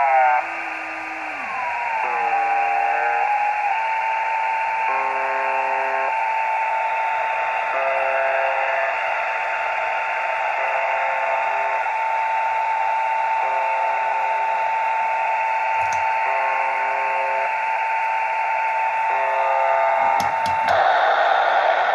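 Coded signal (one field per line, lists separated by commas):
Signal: channel marker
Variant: UVB-76 (The Buzzer)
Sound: about 8 short low harsh buzzes, one every 2.5 seconds, over hissing static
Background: radio static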